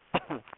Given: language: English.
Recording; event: throat vibration sensor signal played as sound; cough